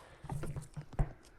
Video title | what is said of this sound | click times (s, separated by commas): GM Balancer Removal and install Yukon, Tahoe, Suburban, Silverado, Sierra, Escalade 6.2L, 5.3L | for our vacuum hoses we just push them from behind here until they click into place | 0.3 s, 1.0 s